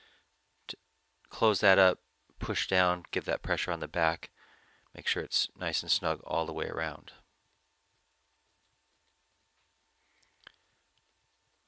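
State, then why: Seated. Someone talks while the plastic LCD screen bezel of an Acer Aspire One 532h netbook, during a screen replacement, is pressed down around its edges into the laptop lid assembly. After the talking stops, a sharp click at 10.5 s, with a few faint ticks around it, marks the bezel snapping into place and seating.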